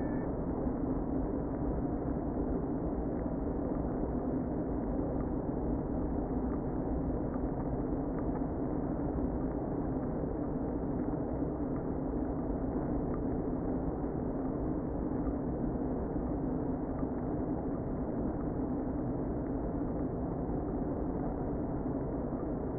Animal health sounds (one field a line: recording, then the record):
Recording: honeybee colony, microphone inside the hive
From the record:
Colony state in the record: queen present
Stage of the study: before two queens were removed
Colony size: about 60,000 bees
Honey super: yes